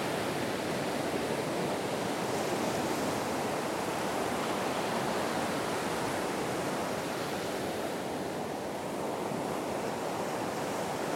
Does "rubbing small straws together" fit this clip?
no